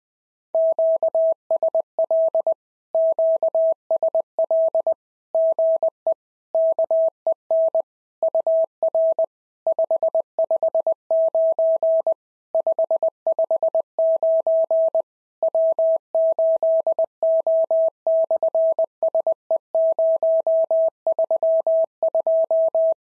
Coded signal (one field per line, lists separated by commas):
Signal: Morse code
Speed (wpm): 20 wpm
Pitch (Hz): 650 Hz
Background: none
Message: QSL QSL GE KEN UR 559 559 W8O/SE032